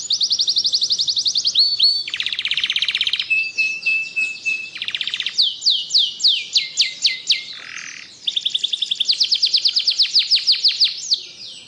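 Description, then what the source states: Atlantic canary singing without pause: rapid trills and buzzy rolls alternate with sequences of sharply falling whistled notes, changing phrase type every few seconds. Canary singing continuously without pause, a song style called ngebren.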